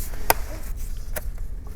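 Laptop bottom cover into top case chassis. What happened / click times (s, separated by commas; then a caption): The cover is being handled and has not yet snapped home / none. The aluminium bottom cover of a 13-inch MacBook Pro (2016–2017, A1708) is being slid in at the back and handled against the top case, ready to be pressed down on both sides and at the corners so its clips snap in. Two short, sharp handling sounds are heard at about 0.3 s and 1.2 s over a low background hum. Nothing has seated or clicked yet.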